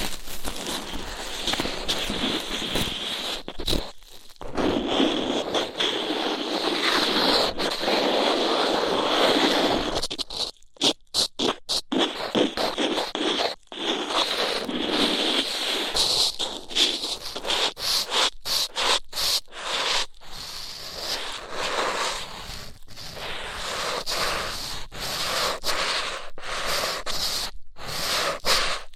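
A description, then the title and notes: Rough ear cleaning: a dense, scratchy rubbing and scraping that runs almost without pause through the first ten seconds. After that it breaks into rapid, uneven bursts of scraping with brief silent gaps, then settles into steadier rubbing toward the end. ASMR Rough Ear Cleaning (No Talking).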